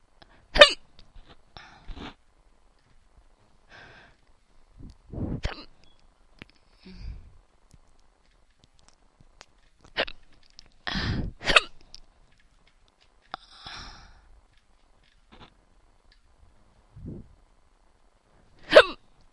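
About nine short, sharp bursts come over roughly 19 seconds, spaced irregularly every one to three seconds, with quiet gaps between. Each is an abrupt gulping catch in the throat, typical of hiccups from sudden involuntary diaphragm spasms, in an adult.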